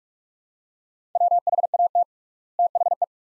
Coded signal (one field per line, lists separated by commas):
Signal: Morse code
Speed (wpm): 46 wpm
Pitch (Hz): 700 Hz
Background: none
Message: WHAT THE